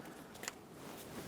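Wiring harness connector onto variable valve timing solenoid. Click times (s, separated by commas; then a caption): 0.5 s. A wiring harness connector is plugged onto the variable valve timing (VVT) solenoid on the engine valve cover of a 2008-2020 Dodge Grand Caravan 3.6L. A short, bright click sounds at 0.5 s over a low steady background. The connector is fully seated.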